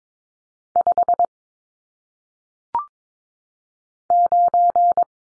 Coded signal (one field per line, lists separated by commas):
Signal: Morse code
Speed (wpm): 22 wpm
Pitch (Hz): 700 Hz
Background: none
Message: 5 9